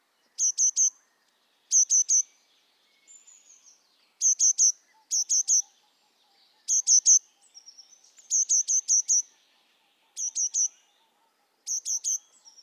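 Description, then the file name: Eurasian blue tit calling: very high, thin notes in tight groups of mostly three, repeated every one to two seconds, with a few softer twittering notes between; otherwise quiet. "Cyanistes caeruleus"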